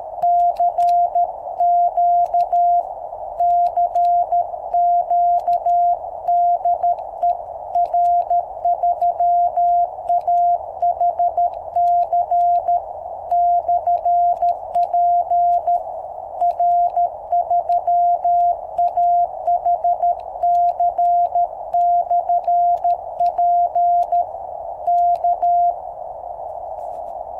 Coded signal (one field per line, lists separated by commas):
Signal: Morse code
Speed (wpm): 13 wpm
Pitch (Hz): 700 Hz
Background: none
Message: CQ CQ DE R3AHC/P R3AHC/P K